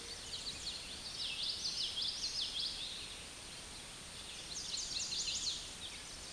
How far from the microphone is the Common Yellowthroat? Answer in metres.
about 30 m